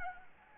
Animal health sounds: mosquito wingbeat signal from an infrared sensor; Anopheles gambiae

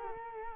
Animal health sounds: mosquito wingbeat signal from an infrared sensor; Culex quinquefasciatus

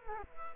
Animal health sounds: mosquito wingbeat signal from an infrared sensor; Culex quinquefasciatus

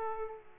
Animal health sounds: mosquito wingbeat signal from an infrared sensor; Aedes aegypti

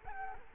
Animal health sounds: mosquito wingbeat signal from an infrared sensor; Culex quinquefasciatus

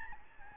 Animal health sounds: mosquito wingbeat signal from an infrared sensor; Aedes albopictus

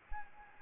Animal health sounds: mosquito wingbeat signal from an infrared sensor; Anopheles gambiae

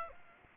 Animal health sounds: mosquito wingbeat signal from an infrared sensor; Aedes aegypti

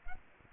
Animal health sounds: mosquito wingbeat signal from an infrared sensor; Culex quinquefasciatus

